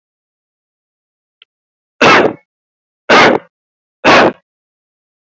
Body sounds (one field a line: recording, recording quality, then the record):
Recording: heavy voluntary cough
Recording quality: excellent, no background noise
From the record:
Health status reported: exposed to COVID-19, no respiratory illness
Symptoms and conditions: cough, cold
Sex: male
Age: 22 years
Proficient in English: yes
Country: India